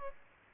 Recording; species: mosquito wingbeat signal from an infrared sensor; Aedes aegypti